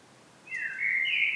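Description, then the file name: Common blackbird, a single short fluted phrase sliding between two whistled pitches, starting after half a second of quiet. "Turdus merula"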